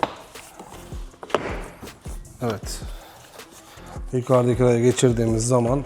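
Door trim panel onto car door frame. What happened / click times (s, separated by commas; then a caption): The trim panel is handled but has not yet seated / none. A door trim panel is handled against the upper edge of a BMW G20 car door frame during an ambient lighting install, with a few short knocks near the start and around 1.2 to 1.4 s. Loud music plays and someone talks throughout. The clip ends before the panel goes home, and nothing has seated or clicked yet.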